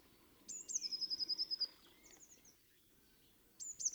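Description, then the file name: Eurasian blue tit singing a high phrase: sharp notes then a rapid trill, followed by a short burst of notes and the start of another phrase. "Cyanistes caeruleus"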